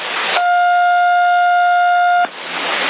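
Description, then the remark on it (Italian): A steady siren tone comes over a CB radio, holding two unwavering pitches for about two seconds, framed by bursts of hissing static before and after. “E questa sirena, guardami, aspetta che te la mando io, e questa sirena qua, uguale.”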